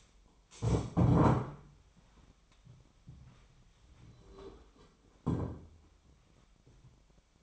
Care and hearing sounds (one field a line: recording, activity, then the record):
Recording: daily activity, microphone in the room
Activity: stand up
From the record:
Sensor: 1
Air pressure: 1007.9 hPa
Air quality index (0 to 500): 193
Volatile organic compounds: 18 ppm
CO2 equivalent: 2604 ppm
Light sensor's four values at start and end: 13/33/13/14 and 13/32/13/14